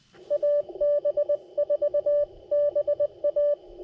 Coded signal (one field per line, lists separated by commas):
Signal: Morse code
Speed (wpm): 22 wpm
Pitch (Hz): 590 Hz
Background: none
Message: AB4BA